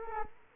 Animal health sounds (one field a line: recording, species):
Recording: mosquito wingbeat signal from an infrared sensor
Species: Culex quinquefasciatus